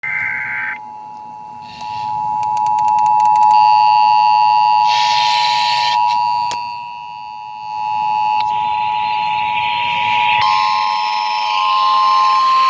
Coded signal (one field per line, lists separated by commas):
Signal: Emergency Alert System (SAME) tones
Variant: 853 and 960 Hz attention tone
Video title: Flash Flood Warning on KLZT 107.1FM and KBPA 103.5FM | EAS #1265-1266